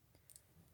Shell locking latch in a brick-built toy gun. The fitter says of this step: and locks into place